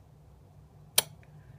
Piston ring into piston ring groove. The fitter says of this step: we go snapped right in place perfect